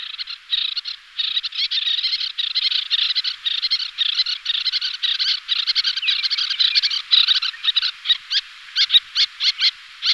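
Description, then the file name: Little tern calling in a dense, harsh chattering series of rapid high notes, nearly continuous, breaking into separate sharp calls near the end. "Sterne Naine Little Tern"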